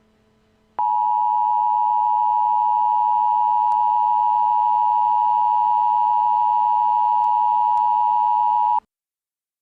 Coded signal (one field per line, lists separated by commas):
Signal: Emergency Alert System (SAME) tones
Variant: 853 and 960 Hz attention tone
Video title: 3 Days - An EAS Scenario